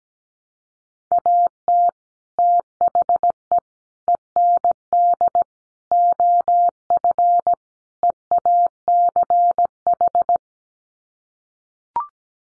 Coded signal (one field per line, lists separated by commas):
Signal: Morse code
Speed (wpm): 17 wpm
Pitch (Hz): 700 Hz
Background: none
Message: AT THE END OF EACH